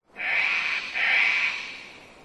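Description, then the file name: Cockatoo screeching: a pair of loud, grating squawks back to back, the second trailing off slowly into quiet background hiss. Cockatoos close by in rainforest, early spring, Queensland, Australia. "zapsplat. rainforest ambience wind trees birds mainly cockatoos close by early spring qld australia"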